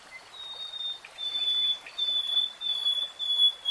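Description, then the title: Nightingale song: long, clear, high whistled notes that pulse and swell, drawn out one after another with brief breaks between. Nightingale singing in real time. "[Tiếng chim hót] REALTIME Nightingale Singing"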